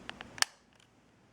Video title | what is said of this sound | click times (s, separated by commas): Remington R3 Series Replacement Blades | and it clicks back in and | 0.4 s